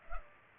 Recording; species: mosquito wingbeat signal from an infrared sensor; Culex pipiens